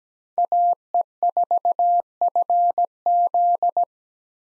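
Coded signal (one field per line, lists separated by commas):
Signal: Morse code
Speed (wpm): 17 wpm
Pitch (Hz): 700 Hz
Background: none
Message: AE4FZ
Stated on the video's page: Morse practice drill of common park activation hunter call signs at 17 wpm, meant for head-copy, each sent twice.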